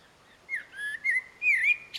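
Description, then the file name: Common blackbird calls: four clear whistled notes, the last wavering and slightly higher, ending in a short hiss. "Turdus merula"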